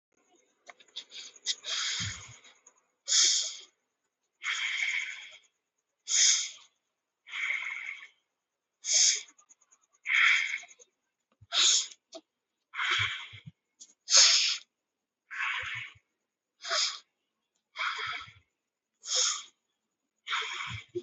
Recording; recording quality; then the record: deep breathing; moderate, slight background noise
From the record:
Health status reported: healthy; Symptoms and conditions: hypertension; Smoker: not ticked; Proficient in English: yes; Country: India